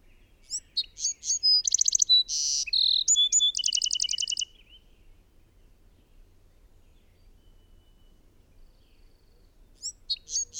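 Bird song: a fast, varied phrase of high whistles, chirps and a rapid trill lasting about four seconds, then quiet before a new phrase begins at the end.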